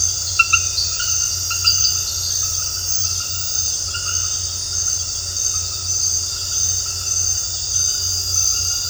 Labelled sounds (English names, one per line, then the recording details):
none
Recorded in dense forest near Puerto Asís, Putumayo, Colombia, on 8 March 2025 at 22:00
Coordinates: 0.468, -76.322
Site GP01